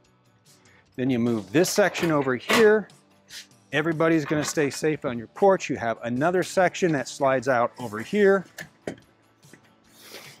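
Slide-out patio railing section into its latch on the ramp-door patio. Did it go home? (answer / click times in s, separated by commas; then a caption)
yes / 8.9 s. Someone talks while sliding out another metal railing section into its latch on the rear ramp-door patio of a Thor Outlaw Wild West 38K toy hauler Class A RV. A sharp, short hit sounds at 8.9 s as the section locks into place.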